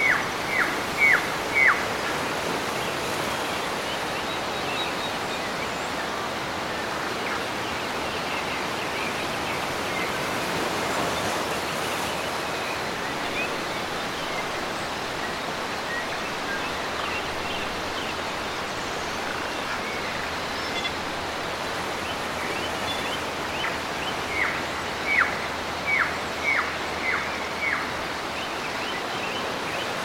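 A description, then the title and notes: Waves wash on a New Zealand coast in a steady, dense roar, with no separate crashes standing out. A bird gives quick bright chirps in short runs, near the start and again between about 24 and 28 seconds. A faint low hum sits underneath in the second half. Birds & Waves at Marlborough Sounds, New Zealand. Birds chirp and waves crash on the coast of New Zealand.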